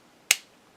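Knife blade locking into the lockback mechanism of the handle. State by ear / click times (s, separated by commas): seated / 0.3 s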